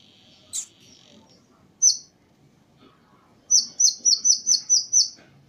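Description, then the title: Small bird chirping: a few scattered high chirps, then a quick run of seven sharp, evenly spaced high chirps near the end. "Burung Kecil"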